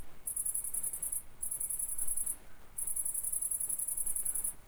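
Cricket calling with high, rapidly pulsed chirps in bursts of about a second, a short gap, then a longer pulsing run, with quiet background noise.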